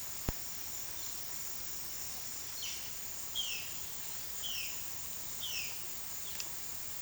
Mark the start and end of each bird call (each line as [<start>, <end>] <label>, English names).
[2.56, 7.02] Violaceous Jay